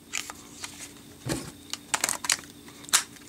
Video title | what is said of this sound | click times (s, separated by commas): Samsung Galaxy Note 3 MOTIMO Oriental Leather Case | Phone snaps right into place. | 1.9 s, 2.0 s